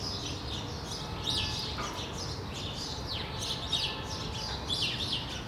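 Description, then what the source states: Sparrows chirping irregularly, sharp descending chirps among quieter notes, with constant low background noise. Sparrows on Rue de l'épargne, Brussels, Belgium, recorded on World Sparrow Day with Lom mikroUši AB microphones into a Deity PR-2 recorder.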